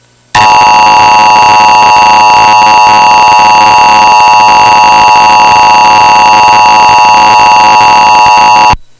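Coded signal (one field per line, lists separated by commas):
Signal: Emergency Alert System (SAME) tones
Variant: 853 and 960 Hz attention tone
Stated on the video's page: Fake, simulated EAS test made by the uploader.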